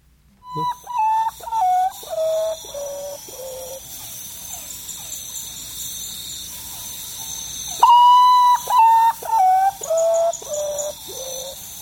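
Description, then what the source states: Common potoo singing: a mournful whistled series of notes stepping down in pitch, given twice, with faint insects buzzing in the background. Ranges from Mesoamerica down into the deep Amazon; described as sounding musical, jazzy and bluesy.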